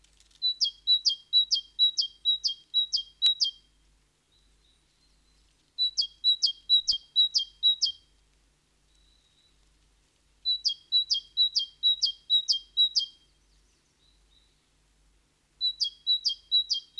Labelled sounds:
Great Tit song

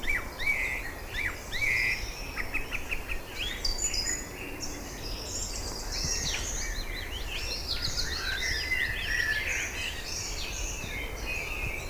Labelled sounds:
Common Blackbird song

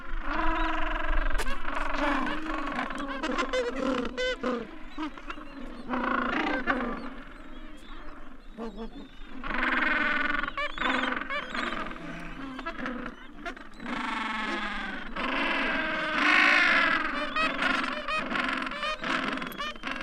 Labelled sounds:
Gentoo Penguin call

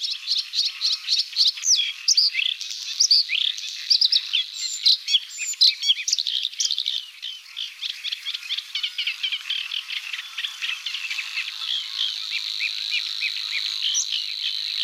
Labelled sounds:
Bluethroat song

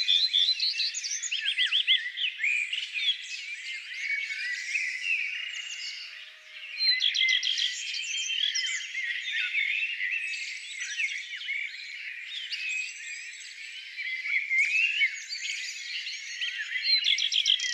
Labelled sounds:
Common Redstart song

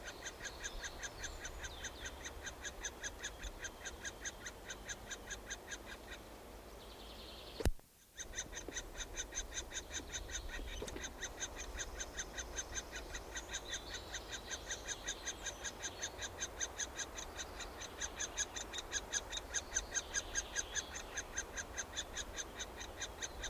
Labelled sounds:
Middle Spotted Woodpecker

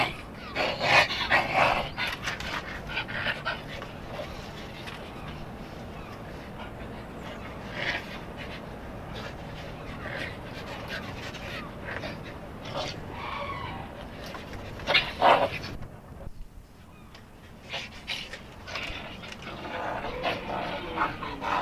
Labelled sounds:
Wapiti call

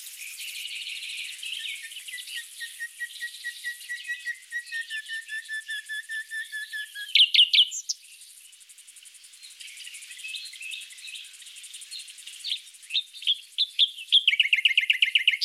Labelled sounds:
Common Nightingale song

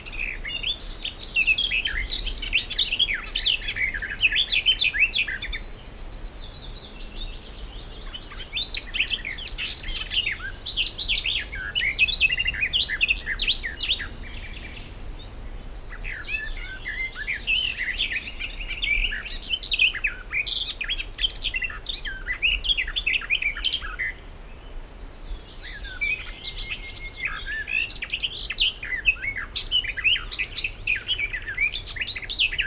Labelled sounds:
Garden Warbler song

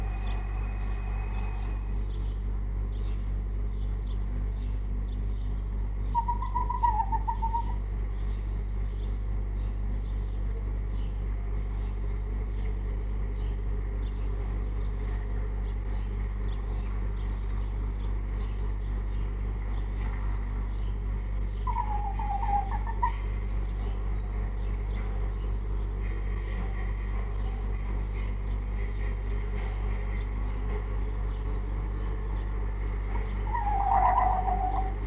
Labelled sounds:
Red Fox

